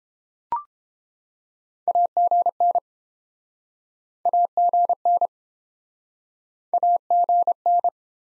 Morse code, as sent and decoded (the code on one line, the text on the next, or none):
.- --. -. / .- --. -. / .- --. -.
AGN AGN AGN